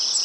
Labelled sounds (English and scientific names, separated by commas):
Cape May Warbler (Setophaga tigrina) flight call